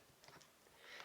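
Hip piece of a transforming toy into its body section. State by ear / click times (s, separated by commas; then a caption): seated / 0.2 s. The plastic hip piece of a Transformers Generations Leader Class Jetfire robot toy is squared off and pressed into its body section. A short, sharp click sounds at 0.2 s, followed by a faint second tick just after, over quiet background noise. The hip joint is seated in position.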